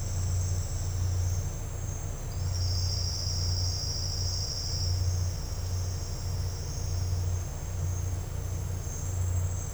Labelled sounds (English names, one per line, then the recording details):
none
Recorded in dense forest near Puerto Asís, Putumayo, Colombia, on 13 March 2025 at 10:00
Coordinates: 0.468, -76.322
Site GP01